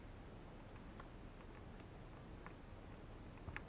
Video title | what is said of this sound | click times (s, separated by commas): LENOVO G510 LAPTOP RAM MONTAJI | oturmuyor bu | none